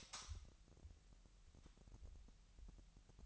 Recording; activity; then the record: daily activity, microphone in the room; light on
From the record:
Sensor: 3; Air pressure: 1001.8 hPa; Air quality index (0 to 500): 249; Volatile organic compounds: 51 ppm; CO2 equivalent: 3303 ppm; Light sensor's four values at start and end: 5/13/5/5 and 12/33/13/12